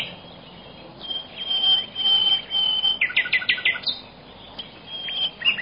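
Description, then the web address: Bird sounds: a long, thin, level whistle followed by a quick burst of sharp chirps. "animali uccelli uccelli birds"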